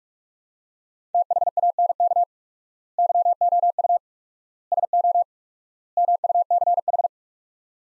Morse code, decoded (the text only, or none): THANK YOU SO MUCH